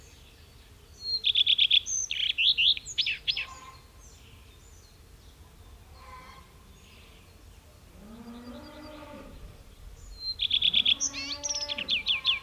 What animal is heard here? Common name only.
Common Redstart